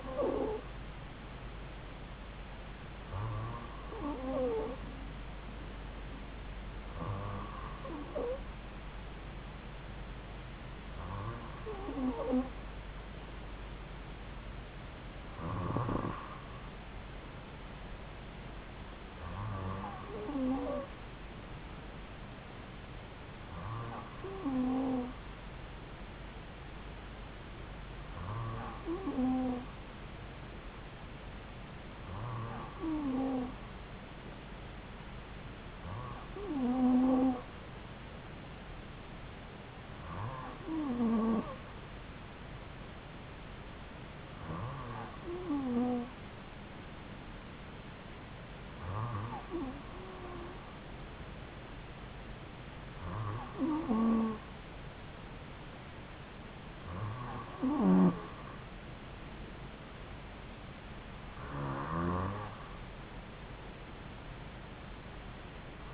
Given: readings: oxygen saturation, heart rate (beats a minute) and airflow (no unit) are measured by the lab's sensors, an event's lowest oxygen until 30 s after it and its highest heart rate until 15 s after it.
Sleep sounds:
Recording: breathing in sleep by a voice recorder at the bedside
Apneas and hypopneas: none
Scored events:
none scored
From the record:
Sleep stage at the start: N2 (light sleep)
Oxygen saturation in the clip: 93 to 94%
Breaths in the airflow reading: 16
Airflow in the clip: -3.5 to 2.9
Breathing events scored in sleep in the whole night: 270 in 6.1 hours asleep

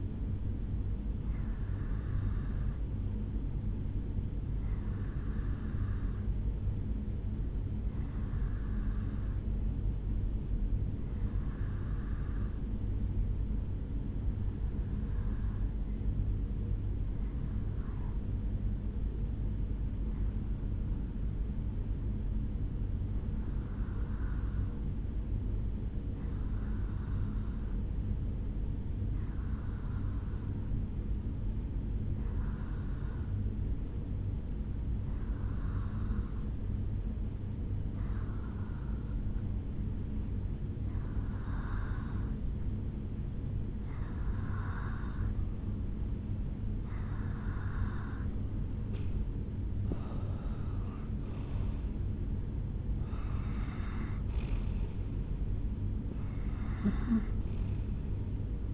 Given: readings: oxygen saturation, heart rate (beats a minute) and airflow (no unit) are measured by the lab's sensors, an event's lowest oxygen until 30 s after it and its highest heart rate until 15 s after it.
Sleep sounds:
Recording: breathing in sleep by a smartphone at the bedside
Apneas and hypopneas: 1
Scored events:
6.00-47.80 s: hypopnea (N2, oxygen 94% highest, then 89% lowest, heart rate 67 at the start, 75 highest)
57.00-58.74 s: new sleep stage, N1 (lightest sleep)
From the record:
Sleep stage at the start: N2 (light sleep)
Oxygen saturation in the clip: 89 to 94%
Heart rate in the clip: 65 to 75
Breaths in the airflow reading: 15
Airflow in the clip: -8.0 to 4.3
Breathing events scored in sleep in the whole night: 449 in 7.0 hours asleep

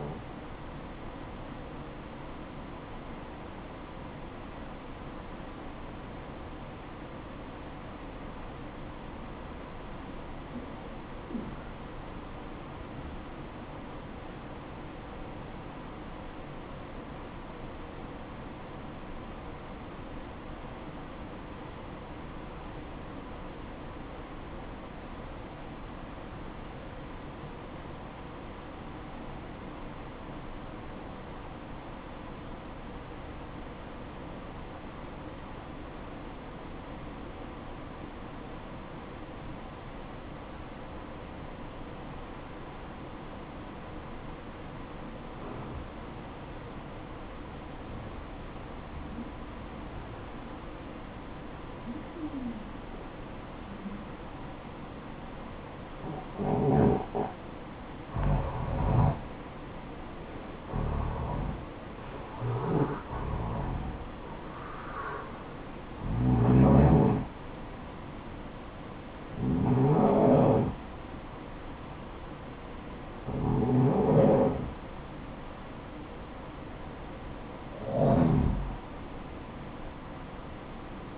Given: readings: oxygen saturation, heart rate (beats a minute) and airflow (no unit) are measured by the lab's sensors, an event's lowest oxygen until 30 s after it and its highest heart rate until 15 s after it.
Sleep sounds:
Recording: breathing in sleep by a voice recorder at the bedside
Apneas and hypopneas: 1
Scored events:
6.00-57.50 s: obstructive apnea (REM, oxygen 95% highest, then 80% lowest, heart rate 57 at the start, 75 highest)
From the record:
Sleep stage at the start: REM sleep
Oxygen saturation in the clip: 80 to 95%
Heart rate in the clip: 56 to 75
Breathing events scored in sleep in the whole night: 573 in 9.8 hours asleep

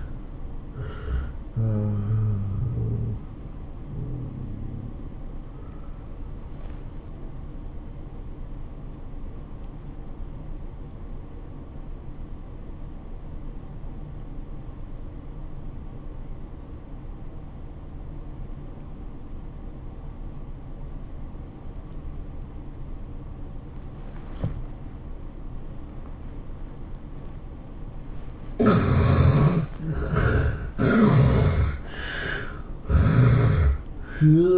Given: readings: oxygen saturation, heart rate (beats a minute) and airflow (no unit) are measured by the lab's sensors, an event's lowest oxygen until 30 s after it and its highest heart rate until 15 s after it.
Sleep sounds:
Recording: breathing in sleep by a smartphone at the bedside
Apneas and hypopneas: 1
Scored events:
3.00-29.40 s: obstructive apnea (N1, oxygen 94% highest, then 74% lowest, heart rate 105 at the start, 108 highest)
From the record:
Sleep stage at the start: N1 (lightest sleep)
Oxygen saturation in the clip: 69 to 94%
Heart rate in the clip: 81 to 110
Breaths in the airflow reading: 4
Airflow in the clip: -7.3 to 11.1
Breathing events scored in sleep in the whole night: 403 in 5.5 hours asleep

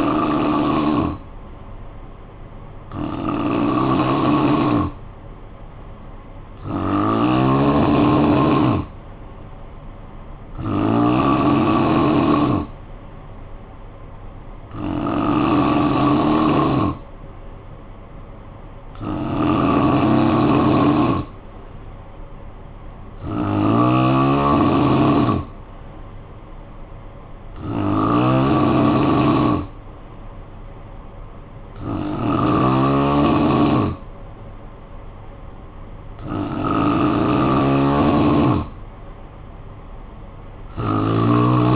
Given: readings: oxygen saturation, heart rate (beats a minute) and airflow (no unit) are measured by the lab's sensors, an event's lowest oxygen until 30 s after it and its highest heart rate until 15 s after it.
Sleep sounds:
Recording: breathing in sleep by a smartphone at the bedside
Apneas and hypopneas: none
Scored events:
none scored
From the record:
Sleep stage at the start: N3 (deep sleep)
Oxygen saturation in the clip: 85 to 91%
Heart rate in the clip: 54 to 58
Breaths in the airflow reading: 10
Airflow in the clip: -7.7 to 4.2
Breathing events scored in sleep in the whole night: 445 in 7.6 hours asleep

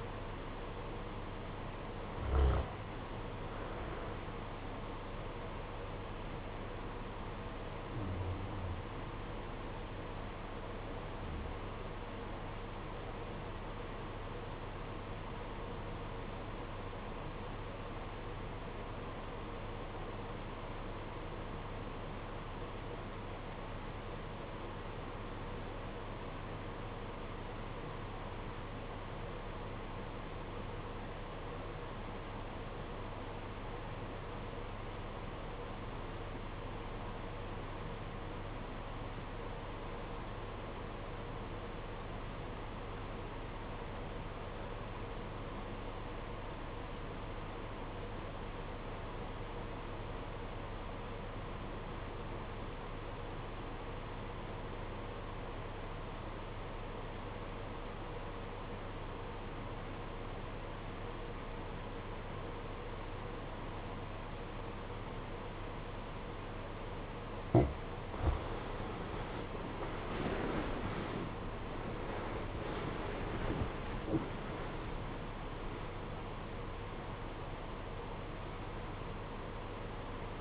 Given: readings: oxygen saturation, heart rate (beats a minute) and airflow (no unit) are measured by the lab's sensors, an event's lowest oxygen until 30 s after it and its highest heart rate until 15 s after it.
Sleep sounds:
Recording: breathing in sleep by a voice recorder at the bedside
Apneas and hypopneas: 1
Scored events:
8.00-70.20 s: obstructive apnea (REM, oxygen 95% highest, then 66% lowest, heart rate 63 at the start, 102 highest)
From the record:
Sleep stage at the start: REM sleep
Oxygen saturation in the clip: 68 to 95%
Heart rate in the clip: 60 to 102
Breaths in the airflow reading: 7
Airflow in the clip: -15.8 to 17.8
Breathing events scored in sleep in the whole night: 476 in 9.7 hours asleep

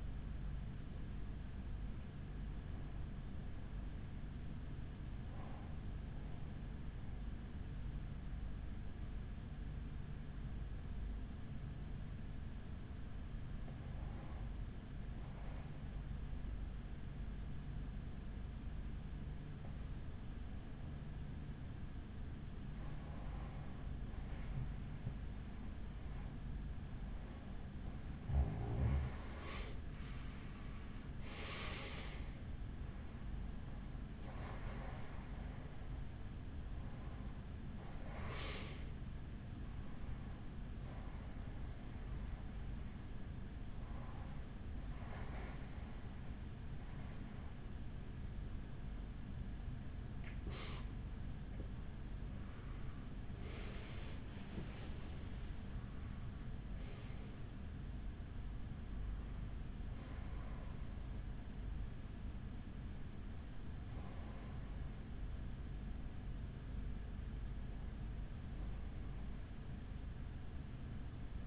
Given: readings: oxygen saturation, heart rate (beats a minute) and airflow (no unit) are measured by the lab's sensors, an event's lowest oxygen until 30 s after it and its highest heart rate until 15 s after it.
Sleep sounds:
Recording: breathing in sleep by a smartphone at the bedside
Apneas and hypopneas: 1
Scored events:
6.00-23.10 s: hypopnea (REM, oxygen 95% highest, then 89% lowest, heart rate 49 at the start, 61 highest)
From the record:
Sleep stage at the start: REM sleep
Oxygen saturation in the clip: 89 to 95%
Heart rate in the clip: 49 to 74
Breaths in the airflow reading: 17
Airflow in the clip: -8.3 to 7.0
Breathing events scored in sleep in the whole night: 207 in 7.6 hours asleep

